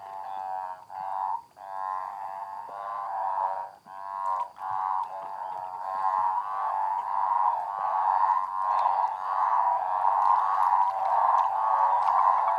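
A dense chorus of frogs and toads calls after spring rain, their trilling, pulsing voices stacked into a steady mid-pitched drone. Brief dips near the start break the chorus before it swells and holds, growing louder and fuller toward the end, with faint clicks above.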